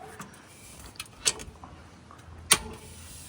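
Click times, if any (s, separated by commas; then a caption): 2.5 s. A Jetson Warren electric bike is folded in half until the magnetic catch pulls the two frame halves together. A few small knocks and rattles come first, then a sharp, loud click at 2.5 s as the catch engages. The halves are seated and the folded bike is held in place.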